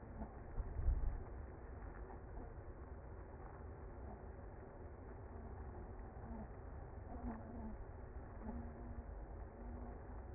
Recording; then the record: honeybee colony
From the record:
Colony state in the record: active